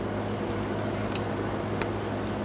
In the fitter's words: I could hear a click